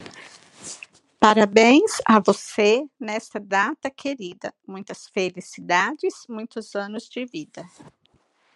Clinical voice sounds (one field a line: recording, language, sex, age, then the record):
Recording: short text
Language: Brazilian Portuguese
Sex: female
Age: 50 to 59 years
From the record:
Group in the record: control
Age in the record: 55 years